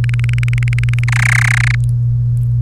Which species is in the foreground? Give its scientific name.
Serinus canaria